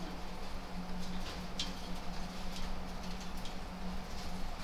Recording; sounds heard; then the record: poultry house recording; no chicken sound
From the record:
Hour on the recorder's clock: 1